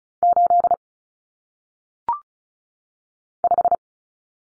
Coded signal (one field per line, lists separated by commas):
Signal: Morse code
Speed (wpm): 34 wpm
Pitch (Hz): 700 Hz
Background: none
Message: 8 5